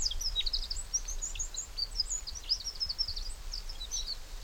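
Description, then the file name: Eurasian wren giving a steady run of short, high, sharp notes throughout, close together and uneven in rhythm, over low background noise. "Troglodytes troglodytes"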